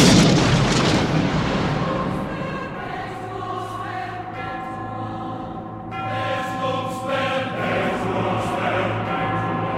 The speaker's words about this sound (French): Une bombe fait éclater un tramway plein d'enfants.